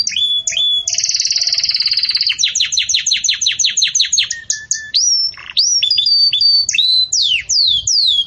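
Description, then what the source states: Belgian canary song with a fast buzzy trill, then a series of quick downslurred notes, a low whistle and sharp rising and falling whistles. Belgian canary 'campainha' (bell) song, used as a tutor song for young birds in breeding.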